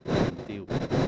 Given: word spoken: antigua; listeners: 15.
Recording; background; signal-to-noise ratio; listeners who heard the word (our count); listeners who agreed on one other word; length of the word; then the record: one Spanish word in noise, from a listening test; noise modulated by one talker; -10.9 dB; 0 of 15; 9 of 15; 0.68 s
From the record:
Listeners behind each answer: 9, 4, 1, 1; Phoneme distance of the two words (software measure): 10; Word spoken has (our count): 3 syllables, 7 phonemes, stress on syllable 2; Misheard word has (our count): 3 syllables, 7 phonemes, stress on syllable 2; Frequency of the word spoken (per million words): 55.10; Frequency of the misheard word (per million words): 65.29